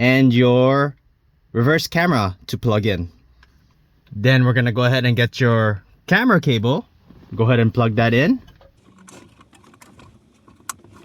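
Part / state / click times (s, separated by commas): camera cable connector into the head unit's rear socket / seated / 10.7 s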